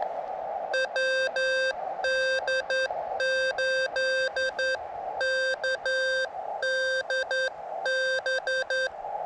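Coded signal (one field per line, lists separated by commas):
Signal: Morse code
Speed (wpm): 11 wpm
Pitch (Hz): 1550 Hz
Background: none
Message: WD8KDB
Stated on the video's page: Summits On The Air activations of three summits near Flagstaff, Arizona.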